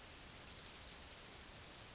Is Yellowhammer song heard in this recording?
no